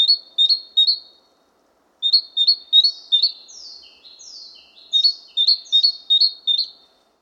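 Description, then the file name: Great tit calls: a short burst of three sharp, bright chinks, then longer runs of chinking mixed with descending slurred notes. "Parus major"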